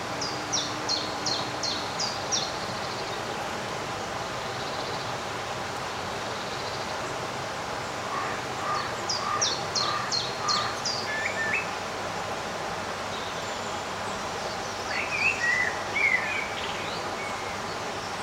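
Birds sing in a summer garden, with short bursts of quick high chirps near the start, around eight to ten seconds, and again near fifteen seconds. A steady low rumble and a faint hiss run underneath throughout, and a brief low hum sounds in the first two seconds.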